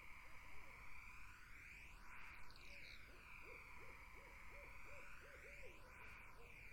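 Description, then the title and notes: Barred owl hoots, a short burst then a steady string of quick, evenly spaced hoots, set against a swirling, phasing background hiss. Barred owls, more than one, in a summer wetland. "Barred Owls in a Summer Wetland. The Wild Life"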